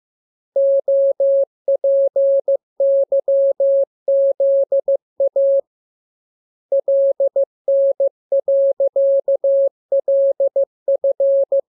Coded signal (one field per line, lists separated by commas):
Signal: Morse code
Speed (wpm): 15 wpm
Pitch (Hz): 550 Hz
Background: none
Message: OPYZA LN.LF